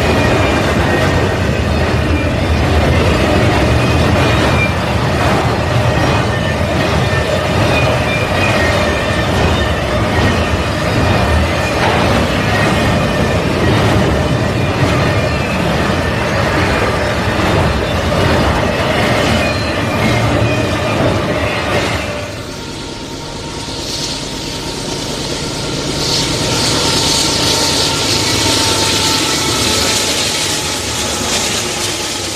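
A train runs on the tracks with a loud, dense rumble and rattle, steady for the first twenty-two seconds. Then the sound abruptly thins and softens into a lighter hiss with a faint steady whine, swelling somewhat brighter toward the end.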